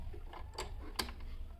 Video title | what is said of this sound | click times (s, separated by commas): Electric Sewing machine/ singer fashion Maker #stitching | यहां पे एक टक की आवाज आएगी और मतलब अपना लग गया ये। | 1.0 s